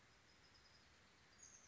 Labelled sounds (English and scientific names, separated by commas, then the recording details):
Oak Titmouse (Baeolophus inornatus)
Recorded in Sonoma County, California